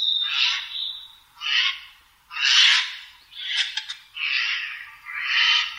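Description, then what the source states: Eurasian jay giving harsh, rasping screeches, six hoarse bursts in quick succession. Source titles the recording カケスの雲溜め (kumodame).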